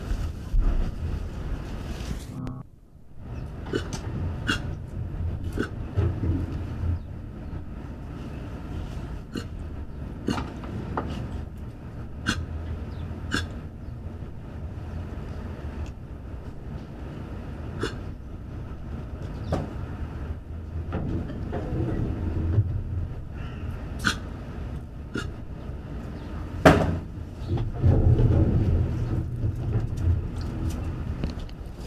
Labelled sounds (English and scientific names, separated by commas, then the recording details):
Mantled Guereza (Colobus guereza) call
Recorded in captivity
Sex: male
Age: adult
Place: Zoopark Erfurt, Thüringen, DE
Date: 1968-10-10 12:00
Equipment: Uher 4200 Report Stereo, Sennheiser MD 421
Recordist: Tembrock, Günter
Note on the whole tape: Als Colobus abyssinicus beschrieben. Männchen. Laute durch Pfleger ausgelöst. Abstand ca. 3 m